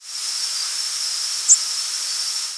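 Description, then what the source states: Black-and-white warbler flight call, a single very brief high note at one and a half seconds, over a constant loud high hiss. Nocturnal flight call.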